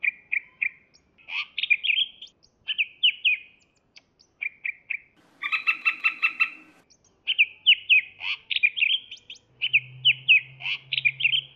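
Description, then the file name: Greater green leafbird song, a rapid run of bright chirps and slurred whistles in short bursts, with a harsher stacked buzzy phrase midway and a faint low hum near the end. Labelled as the Medan type of the bird. "suara cucak hjau medan"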